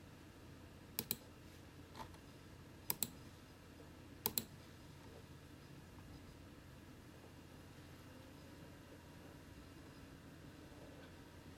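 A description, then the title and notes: A computer hums low and steady throughout the office. Early on, a few sharp clicks come in small pairs and clusters, near one, three and four seconds, like mouse clicks or keystrokes, with a softer tap around two seconds; after that only the whir remains. Small room office with gentle typing on keyboard, clicking of the computer mouse, and gentle whirring of personal computer nearby.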